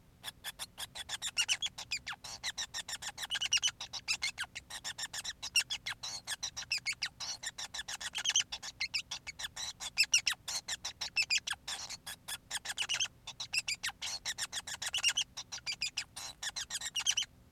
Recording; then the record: song of a male Bengalese finch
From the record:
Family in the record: son of father 5